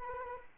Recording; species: mosquito wingbeat signal from an infrared sensor; Anopheles arabiensis